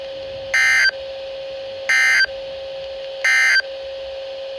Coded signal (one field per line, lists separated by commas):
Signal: Emergency Alert System (SAME) tones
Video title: Thunderstorm Warning middle Tennessee 08/10/2020 - Midland Weather Radio